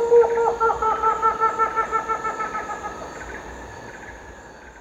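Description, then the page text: Helmeted Hornbill calling in a rapid run of harmonic, laughing hoots that gradually fade out, with a constant insect drone behind. Recorded at Danum, Borneo, on 1 April 2006. "Sound of Helmeted Hornbill at Danum"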